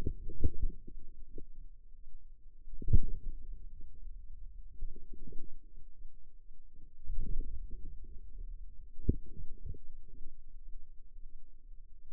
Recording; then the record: forearm muscle sounds (acoustic myography)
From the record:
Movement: inward rotation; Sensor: system 2, bracelet of six BSWA MPA416 microphones around the upper forearm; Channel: 1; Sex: female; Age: 23 years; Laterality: right